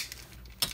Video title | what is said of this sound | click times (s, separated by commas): Transformers Review - Ocular Max PS-11 Omne Preview // P4L Reviews | we go you heard that definitive snap and then once that's done you | 0.6 s